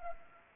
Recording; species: mosquito wingbeat signal from an infrared sensor; Anopheles gambiae